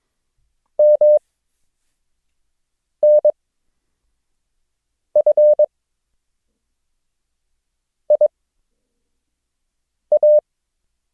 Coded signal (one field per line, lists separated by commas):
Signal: Morse code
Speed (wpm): 22 wpm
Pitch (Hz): 600 Hz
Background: none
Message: M N F I A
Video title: Morse Code – O, G, Q - lesson 7